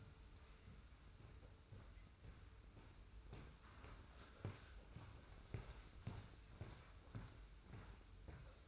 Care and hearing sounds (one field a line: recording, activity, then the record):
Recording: daily activity, microphone in the room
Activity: walk to room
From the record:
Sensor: 2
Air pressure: 991.0 hPa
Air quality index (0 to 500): 111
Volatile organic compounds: 52 ppm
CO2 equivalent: 3321 ppm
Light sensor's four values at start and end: 34/102/40/38 and 32/96/37/36